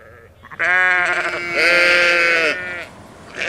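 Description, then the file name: Sheep giving a long drawn-out bleat that grows louder partway through, followed by a short quiet gap and the start of another cry. "Schaf"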